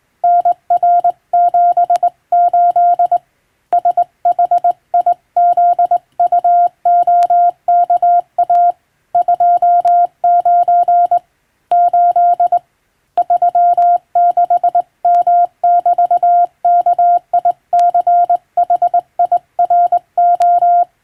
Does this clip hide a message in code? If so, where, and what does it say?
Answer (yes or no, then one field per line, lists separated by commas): yes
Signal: Morse code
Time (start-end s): 0.2-20.8 s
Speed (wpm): 21 wpm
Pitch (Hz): 700 Hz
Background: radio noise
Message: NR78 SHIZUOKA 29 8 36M<BT>KICHIRO